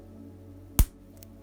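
A small plastic E8 propeller joint part is pressed into its position on the rear gear assembly of a Tamiya Super Sabre RC car (2023 build). A single sharp, loud snap is heard at 0.8 s over a quiet, steady background, followed by faint soft ticks around 1.2 s. The part is seated in place.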